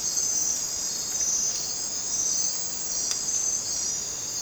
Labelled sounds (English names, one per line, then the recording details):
none
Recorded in dense forest near Puerto Asís, Putumayo, Colombia, on 27 June 2025 at 01:00
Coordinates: 0.484, -76.317
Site G045